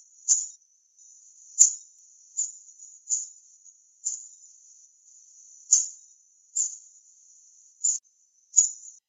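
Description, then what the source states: Azure kingfisher giving shrill, very high thin calls, sharp piercing notes repeated irregularly every second or so, some linked by faint drawn-out whistles. Papua New Guinea.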